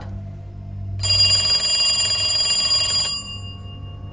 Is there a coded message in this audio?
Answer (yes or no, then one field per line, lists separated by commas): no